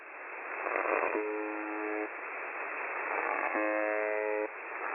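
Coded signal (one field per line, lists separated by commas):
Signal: channel marker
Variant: UVB-76 (The Buzzer)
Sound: two harsh low buzzes, each nearly a second long, over shortwave hiss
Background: radio static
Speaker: first I caught the buzzer transmitting as normal there was some sort of MSE ident in the background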